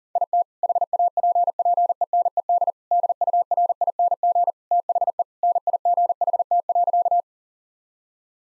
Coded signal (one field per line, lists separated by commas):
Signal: Morse code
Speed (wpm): 40 wpm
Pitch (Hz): 700 Hz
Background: none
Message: IT HAPPENED DURING THE NIGHT.